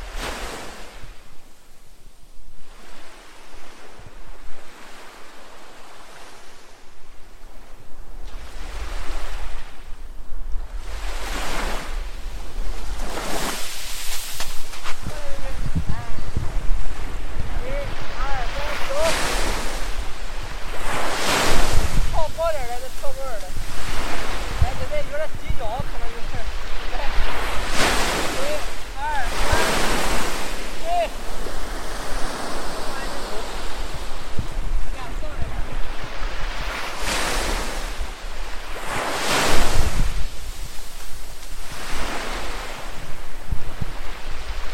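Ocean waves wash in repeatedly, each surge a bright hissing rush that swells and fades every few seconds, strongest around 14, 21, 28, 30 and 39 seconds. Between breakers a low rumble and soft wind-like noise fill the gaps, and faint chattering sounds appear midway.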